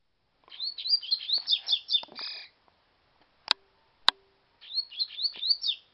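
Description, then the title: Double-collared seedeater song: a fast series of sweet rising and falling whistled notes with a buzzy end, two sharp clicks, then the phrase starting again. "Canto Coleiro"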